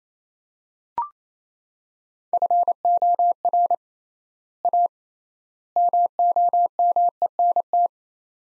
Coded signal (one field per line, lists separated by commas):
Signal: Morse code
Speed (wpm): 28 wpm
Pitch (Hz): 700 Hz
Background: none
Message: FOR A MOMENT